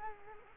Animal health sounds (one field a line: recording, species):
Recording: mosquito wingbeat signal from an infrared sensor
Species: Culex quinquefasciatus